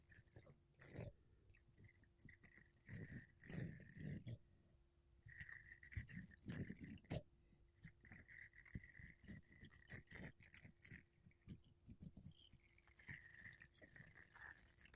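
Makeup brushes and a sponge rub against a mic in uneven soft swishes and scratchy bursts, with a faint steady hum underneath.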